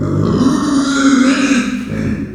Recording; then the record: squeal of a Yucatan mini pig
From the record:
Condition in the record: after surgery on the right vocal fold (resection and tissue-engineered implant); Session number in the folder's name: 9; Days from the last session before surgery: 65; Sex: female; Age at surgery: 19 weeks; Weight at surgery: 25 kg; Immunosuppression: prednisolone